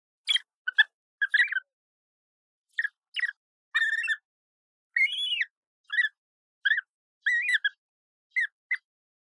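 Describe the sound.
Yellow-billed kite chirps, short sharp notes given singly and in small bursts, spaced irregularly throughout.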